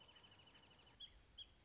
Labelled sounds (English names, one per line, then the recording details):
Wrentit
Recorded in Sonoma County, California